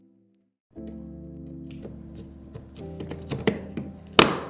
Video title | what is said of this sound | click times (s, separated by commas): First Time Building a PC? Watch This. | You'll know they're in once you hear that click. That's the click of progress. | 3.5 s, 4.2 s